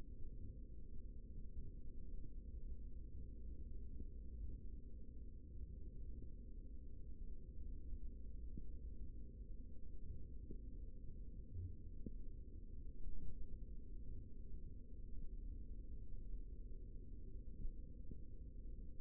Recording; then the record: forearm muscle sounds (acoustic myography)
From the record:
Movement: rest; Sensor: system 3, bracelet of six PUI Audio POM-2738L microphones around the upper forearm, with dedicated amplification and filtering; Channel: 6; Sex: male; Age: 55 years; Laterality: right